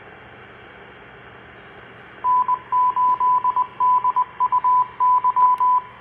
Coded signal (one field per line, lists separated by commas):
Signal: Morse code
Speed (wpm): 20 wpm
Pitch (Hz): 1000 Hz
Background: none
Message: N8DUY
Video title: 2/23/24 Morning HAM Brew Crew Live on the IC-705 📻